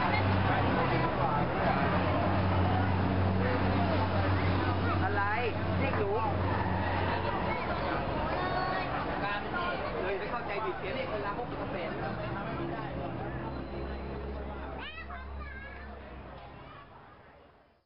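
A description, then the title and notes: A crowded night market with many voices talking at once, continuous, with a few brighter calls rising out of the chatter around six and fifteen seconds. A low engine rumble idles underneath for much of the clip, and the scene fades out at the end. Sounds from the Night Market in Chiang Mai, Thailand.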